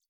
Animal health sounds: hydrophone in a shrimp aquaculture tank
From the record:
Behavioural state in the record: feeding

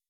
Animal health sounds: hydrophone in a shrimp aquaculture tank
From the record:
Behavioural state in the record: weakened

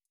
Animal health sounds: hydrophone in a shrimp aquaculture tank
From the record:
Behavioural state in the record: feeding

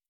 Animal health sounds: hydrophone in a shrimp aquaculture tank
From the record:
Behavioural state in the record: stressed

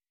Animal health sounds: hydrophone in a shrimp aquaculture tank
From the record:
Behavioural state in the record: weakened

